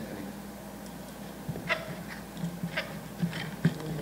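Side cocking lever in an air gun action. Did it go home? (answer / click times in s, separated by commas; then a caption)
no / none. The side cocking lever in the action of an Artemis PP750 .22 PCP air pistol is handled and pulled back toward its fully locked position, heard as soft handling noise over a low steady hum, with brief sharp ticks around 2.8 s and 3.7 s. Nothing has seated or clicked home yet.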